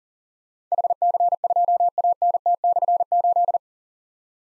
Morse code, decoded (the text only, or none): HC2ANT/8